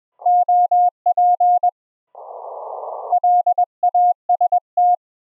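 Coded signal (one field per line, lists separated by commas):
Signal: Morse code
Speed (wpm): 20 wpm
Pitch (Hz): 710 Hz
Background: none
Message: OP LAST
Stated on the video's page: Live HF QSO audio from the rig streamed over a wired LAN as TCP Opus audio through a Raspberry Pi to a remote laptop.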